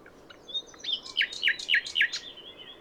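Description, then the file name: Common nightingale phrase of loud, evenly repeated downward-sweeping notes, about four per second, introduced by thin high whistles. "Luscinia megarhynchos"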